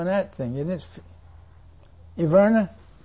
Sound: someone speaks off-mike

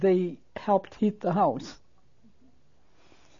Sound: none

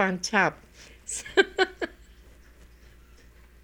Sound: laughs

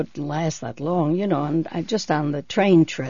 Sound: none

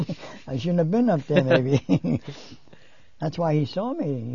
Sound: they laugh

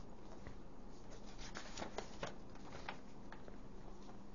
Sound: sound of paper shuffling

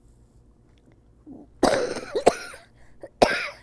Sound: coughs

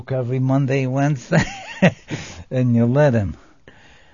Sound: laughs

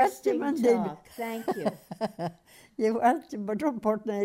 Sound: she laughs

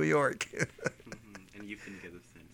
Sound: he laughs

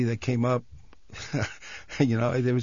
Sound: he laughs

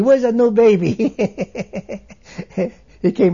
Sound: he laughs

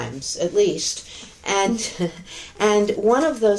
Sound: laughs

